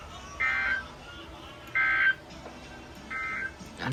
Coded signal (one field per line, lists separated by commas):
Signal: Emergency Alert System (SAME) tones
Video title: ILN Had An Outburst… (EAS 203-252)